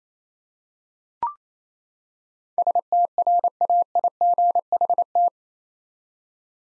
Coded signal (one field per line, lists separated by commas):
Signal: Morse code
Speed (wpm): 28 wpm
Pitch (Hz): 700 Hz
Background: none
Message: STRAIGHT